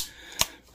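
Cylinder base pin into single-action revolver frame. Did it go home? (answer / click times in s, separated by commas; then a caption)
yes / 0.4 s. While a 2023 Ruger Wrangler Sheriff's Model single-action revolver (207 series, 3.75 in barrel, plow-handle grip) is reassembled after cleaning, the steel cylinder base pin is pushed back into the frame. A single sharp, short click at 0.4 s marks the pin snapping in and locking in place, with quiet handling noise before and after.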